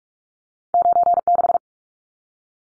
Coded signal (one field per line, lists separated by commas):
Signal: Morse code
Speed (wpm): 44 wpm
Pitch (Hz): 700 Hz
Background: none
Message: 96